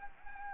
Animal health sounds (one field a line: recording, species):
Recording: mosquito wingbeat signal from an infrared sensor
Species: Anopheles arabiensis